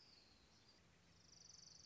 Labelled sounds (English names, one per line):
Orange-crowned Warbler